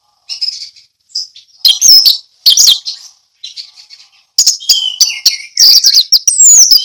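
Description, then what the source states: Orange-headed thrush song of quick, varied high phrases: short whistles and scratchy chatter. Ngeplong song style.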